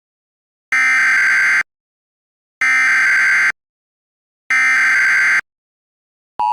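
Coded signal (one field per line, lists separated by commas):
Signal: Emergency Alert System (SAME) tones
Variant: header bursts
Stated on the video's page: Fictional EAS scenario.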